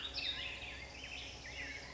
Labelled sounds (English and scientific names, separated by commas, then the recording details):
Black-headed Grosbeak (Pheucticus melanocephalus)
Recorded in Sonoma County, California